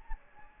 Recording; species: mosquito wingbeat signal from an infrared sensor; Anopheles gambiae